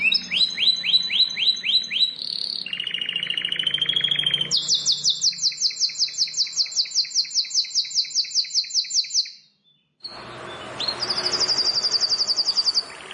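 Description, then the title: Bar-winged prinia song: upslurred notes repeated quickly, a buzzy trill, then a long steady series of sharp high notes; a short silence, then another trill. "Ciblek Sawah 1"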